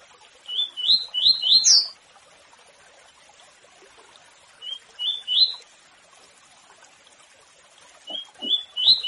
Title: Canto de Papa Capim. Canto Papa Capim Tui Tui curto